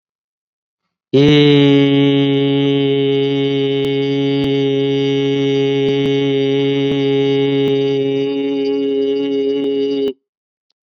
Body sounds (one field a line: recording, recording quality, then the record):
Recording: sustained vowel as in beet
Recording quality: excellent, no background noise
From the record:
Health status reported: COVID-19 positive, mild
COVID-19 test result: positive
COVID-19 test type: RT-PCR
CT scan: not taken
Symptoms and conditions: sore throat, fatigue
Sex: male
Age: 39 years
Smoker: yes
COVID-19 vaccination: both doses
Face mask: worn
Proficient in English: yes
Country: India